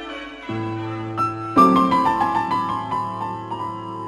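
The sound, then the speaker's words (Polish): Church bells ring out in a rich, overlapping peal, struck repeatedly in a steady rhythm with sustained, shimmering tones that layer over a low hum. No voices. “I rozległo się bicie dzwonów.”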